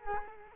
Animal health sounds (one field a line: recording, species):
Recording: mosquito wingbeat signal from an infrared sensor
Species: Culex quinquefasciatus